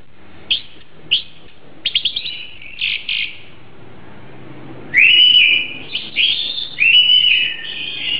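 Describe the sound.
Oriental magpie-robin song: a few sharp chirps, then loud sweet whistled phrases rising and sliding across the last three seconds.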